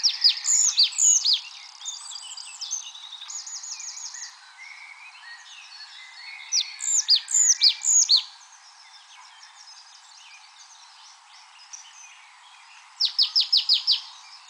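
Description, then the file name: Marsh tit calls in quick bursts of sharp, high, down-slurred notes, several series spread throughout. "Poecile palustris"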